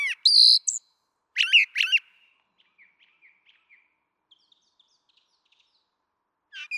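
Brown thrasher song phrases, a loud whistled phrase and a doubled rasping note, then a stretch of faint soft notes before one last phrase.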